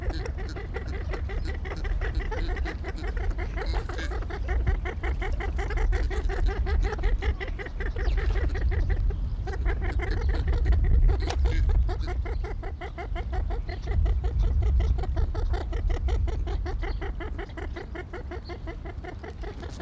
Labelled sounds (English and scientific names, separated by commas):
Barrow's Goldeneye (Bucephala islandica)